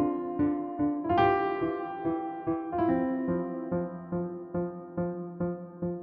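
Regular, rapid pulsing beats at roughly 145 a minute, each with a ringing, tonal quality, on a fetal heart monitor in the fetal heart monitoring room at Meihua. A fetal heart rate of 144 beats per minute, within the normal fetal range.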